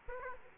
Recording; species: mosquito wingbeat signal from an infrared sensor; Aedes aegypti